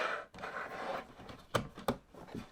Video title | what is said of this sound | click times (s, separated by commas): Hat Washers, 1 Pack Baseball Hat Cleaners Cap Washer, Fit for Adult/ | You close it, make sure they lock into place. | 1.5 s, 1.9 s